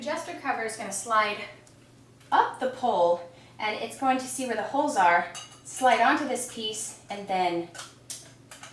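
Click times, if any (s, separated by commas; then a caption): 8.5 s, 8.6 s. Someone talks while a section of an eBay-purchased 2013 metal home dance pole is slid onto its joining piece, with the adjuster cover sliding up the pole. The section's spring push-button pops out through the hole in the joining piece with quick clicks at 8.5 s and 8.6 s, locking the section in place.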